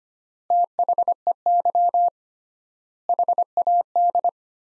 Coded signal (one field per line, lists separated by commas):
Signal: Morse code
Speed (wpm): 25 wpm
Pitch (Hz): 700 Hz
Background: none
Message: THEY HAD